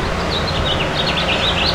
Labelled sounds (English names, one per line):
House Finch song